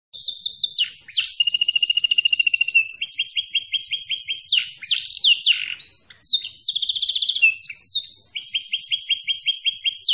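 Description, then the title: Canary singing fast, high-pitched trills in varied bursts, including a long steady whistled note early on, then rapid rolling and chopped phrases running continuously. Canary singing in the cengkok mewah song style. "Cengkok Kenari Mewah"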